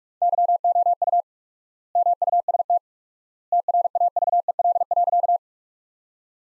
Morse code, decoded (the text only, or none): YOU MUST TRAVEL.